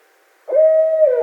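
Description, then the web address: Barred owl giving one long, steady, low hoot that drops slightly in pitch at its close. Recorded on 12 February 2012. "Barred Owl 2012 02 12 Barred Owl"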